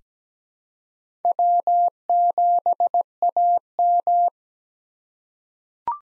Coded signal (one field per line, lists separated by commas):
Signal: Morse code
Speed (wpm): 17 wpm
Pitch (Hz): 700 Hz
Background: none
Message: W7AM